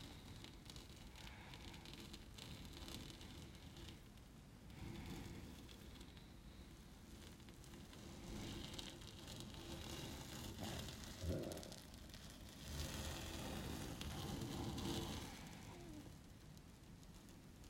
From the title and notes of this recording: Foley Collection 1, hair sliding on a dusty balcony window pane.